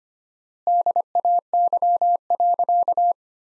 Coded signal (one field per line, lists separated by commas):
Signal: Morse code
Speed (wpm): 25 wpm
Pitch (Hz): 700 Hz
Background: none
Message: DAY.